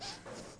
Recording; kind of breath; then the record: one breath in and out by a microphone near the nose and mouth; strong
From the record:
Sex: male